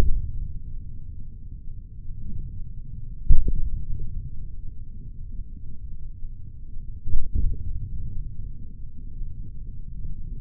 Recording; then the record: forearm muscle sounds (acoustic myography)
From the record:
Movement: hand opening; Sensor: system 3, bracelet of six PUI Audio POM-2738L microphones around the upper forearm, with dedicated amplification and filtering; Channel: 2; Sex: male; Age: 56 years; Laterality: right